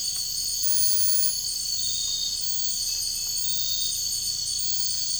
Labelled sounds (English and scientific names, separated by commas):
none